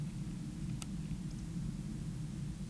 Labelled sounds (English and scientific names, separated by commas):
Eurasian Woodcock (Scolopax rusticola) whistle